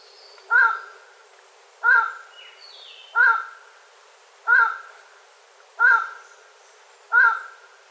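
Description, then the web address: Highland tinamou calling: a short, hollow note with harmonics, repeated steadily about every 1.3 seconds, six notes in all, with faint high chirps from other birds between. "Highland tinamou. صدای-پرنده-وشم-کوهسار"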